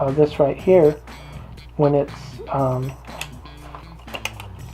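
Someone talks while handling the rewind release button on the base of a Pentax K1000 manual film SLR camera body, working the film advance/rewind release mechanism. A few small, sharp mechanical ticks sound between about 3.2 and 4.4 seconds. Nothing has locked back into place yet, so the film is not yet held from rolling.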